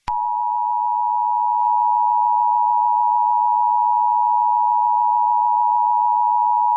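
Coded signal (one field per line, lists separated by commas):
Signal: Emergency Alert System (SAME) tones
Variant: 853 and 960 Hz attention tone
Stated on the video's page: Simulated EAS alert tones in a fictional alien invasion scenario.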